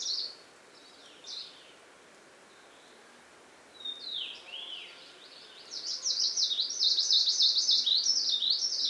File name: plumbeitarsus song